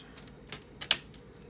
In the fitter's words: next snap snap snap okay